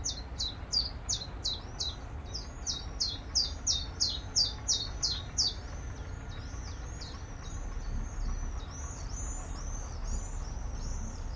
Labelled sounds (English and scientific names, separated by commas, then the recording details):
Willow Warbler (Phylloscopus trochilus)
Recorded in captivity
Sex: male
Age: adult
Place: Zoologisches Institut Universität Tübingen und Voliere IV, Baden-Württemberg, DE
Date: 1966-06-07
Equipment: Nagra III PH, MD 421, LGS26
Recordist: Faber, A. and Schneider, H.-J
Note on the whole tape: Phylloscopus trochilus trochilus "sylvestris" . Osteckzimmer. Auch Aufnahmen vom 14. Juni um 13 Uhr und 15. Juni um 8 Uhr 15. 1. Aufn.: Angstlaute (Vogel wurde in Hand gehalten) von Mischsänger. 2. Aufn.: Drei Einzellaute u. zwei Gesänge. 3. Aufn.: Einige gute Gesänge